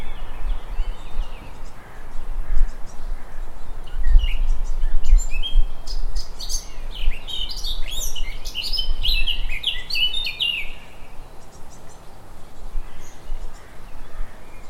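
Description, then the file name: Eurasian blackcap giving a long run of jumbled warbling and scratchy notes midway, with low rumbling noise underneath throughout. "Sylvia atricapilla"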